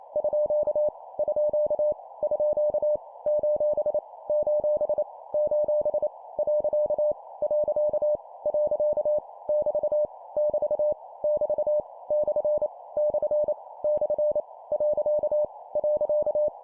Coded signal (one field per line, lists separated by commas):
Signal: Morse code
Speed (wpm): 28 wpm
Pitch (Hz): 600 Hz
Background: none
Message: _ _ _ : : : . . . <BT> <BT> <BT> / / / . .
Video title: 25wpm Repeat three times Random Punctuation, cw morse code course